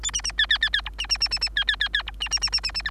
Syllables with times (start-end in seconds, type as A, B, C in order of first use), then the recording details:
0.02-0.11 A, 0.13-0.21 B, 0.23-0.32 B, 0.38-0.46 C, 0.49-0.58 C, 0.61-0.70 C, 0.73-0.82 C, 0.85-0.90 D, 0.98-1.07 B, 1.09-1.18 B, 1.20-1.28 B, 1.31-1.39 B, 1.41-1.49 B, 1.56-1.64 C, 1.67-1.76 C, 1.80-1.88 C, 1.93-2.03 C, 2.06-2.11 D, 2.20-2.29 B, 2.31-2.39 B, 2.41-2.50 B, 2.52-2.61 B, 2.63-2.72 B, 2.74-2.82 B, 2.85-2.90 E. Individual Bird3